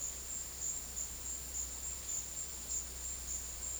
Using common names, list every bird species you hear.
none